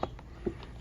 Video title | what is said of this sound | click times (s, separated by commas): Colapz Watering Can And Bucket Review - Unsponsored! | it pops right in there | 0.0 s